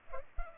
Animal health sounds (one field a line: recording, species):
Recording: mosquito wingbeat signal from an infrared sensor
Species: Culex pipiens